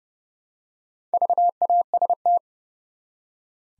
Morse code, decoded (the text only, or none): VAST